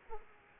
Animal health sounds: mosquito wingbeat signal from an infrared sensor; Aedes aegypti

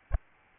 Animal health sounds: mosquito wingbeat signal from an infrared sensor; Aedes albopictus

